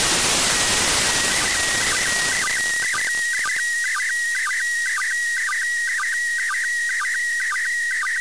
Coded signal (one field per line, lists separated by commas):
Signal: SSTV (slow-scan television)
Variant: PD 120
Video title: ISS Pass SSTV 2019 02 16 1922z